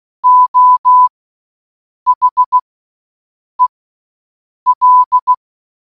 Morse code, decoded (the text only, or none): O H E L